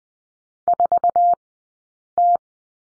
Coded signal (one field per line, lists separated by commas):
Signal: Morse code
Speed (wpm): 20 wpm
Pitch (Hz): 700 Hz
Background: none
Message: 4T